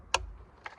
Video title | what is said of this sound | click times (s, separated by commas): EP6 - I Thought I Fixed It… I Was Completely Wrong 😐 - Peugeot 307 CC | But we are going to click in there. | 0.1 s